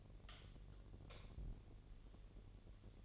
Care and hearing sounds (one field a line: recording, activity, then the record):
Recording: daily activity, microphone in the room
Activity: light off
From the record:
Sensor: 4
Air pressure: 1012.8 hPa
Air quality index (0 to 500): 250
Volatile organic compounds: 4 ppm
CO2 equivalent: 1671 ppm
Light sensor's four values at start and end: 16/41/16/17 and 14/32/13/13